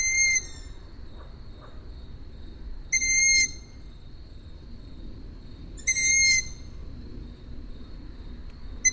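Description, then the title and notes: Owl calls: high whistled notes about every three seconds, some falling slightly at the end, over a soft background hiss. Recorded at Židlochovice. "Sovy v Židlochovicích, nahrál Tomáš Šenkyřík"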